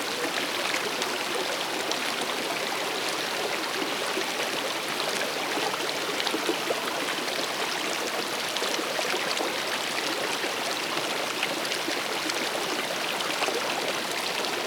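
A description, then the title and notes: A flowing river rushes steadily throughout, a dense, even wash of bright splashing and bubbling with no pauses or changes in level. Flowing River.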